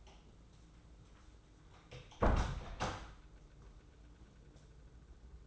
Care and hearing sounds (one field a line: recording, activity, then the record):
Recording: daily activity, microphone in the room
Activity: close door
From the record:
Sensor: 3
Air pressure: 994.4 hPa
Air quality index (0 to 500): 202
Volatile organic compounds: 1000 ppm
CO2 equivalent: 6738 ppm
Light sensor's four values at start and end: 158/379/158/156 and 156/373/156/154